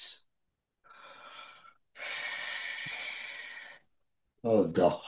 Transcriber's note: exhales